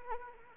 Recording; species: mosquito wingbeat signal from an infrared sensor; Anopheles arabiensis